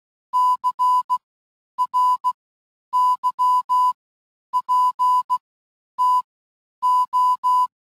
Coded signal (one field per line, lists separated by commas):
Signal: Morse code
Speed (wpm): 16 wpm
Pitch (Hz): 1000 Hz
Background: none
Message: CRYPTO